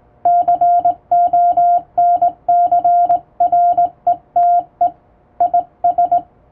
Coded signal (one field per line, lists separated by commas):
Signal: Morse code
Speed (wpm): 20 wpm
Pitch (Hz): 700 Hz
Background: none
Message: CONCRETE IS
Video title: 【Radio operator morse code training】This is Morse code practice video. There is morse exam in japan.